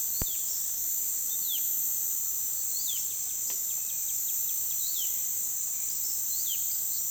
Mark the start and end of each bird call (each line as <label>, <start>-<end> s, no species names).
bird call, 0.00-7.10 s